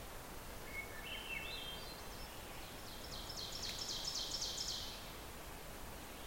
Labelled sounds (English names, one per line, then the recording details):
Ovenbird song
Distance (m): 75 m
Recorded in boreal forest in Alberta, Canada, on 14 June 2016 at 05:57
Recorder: SongMeter 3, array SBT-3-33
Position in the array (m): 108 m, 8 m
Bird 21